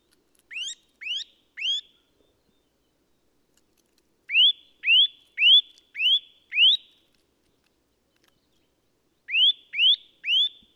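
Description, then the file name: Eurasian nuthatch calling in bursts of rising whistled notes: three, then five, then three again, each note quick and sliding upward. "Sitta europaea"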